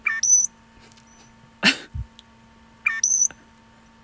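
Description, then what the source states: Shrike call: twice, a quick pair of sharp, electronic-sounding notes, one mid-pitched and one very high. Electronic-sounding call, likened to a malfunctioning computer or a microwave.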